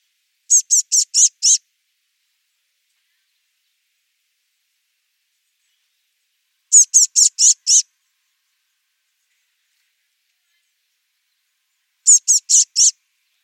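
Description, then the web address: "2025 File origin Bird Only Cy Ca"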